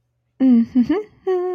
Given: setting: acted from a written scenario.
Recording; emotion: vocal sound without words; triumph